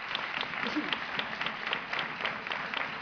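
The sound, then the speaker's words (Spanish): Sustained audience applause at a big band concert, a dense steady patter of many hands clapping at moderate loudness for the full few seconds, with no voices standing out. “Así que un aplauso para Edmund.”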